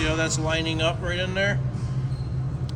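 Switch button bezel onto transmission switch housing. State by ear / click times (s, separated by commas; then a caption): seated / 2.7 s. A plastic switch button bezel for a Ferrari FF reproduction transmission switch is lined up and pressed home onto the transmission switch housing while someone talks over a low background hum. A short, sharp snap at 2.7 s marks the bezel seating on the housing.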